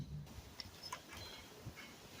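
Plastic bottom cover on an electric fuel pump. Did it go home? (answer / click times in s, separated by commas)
released / 0.6 s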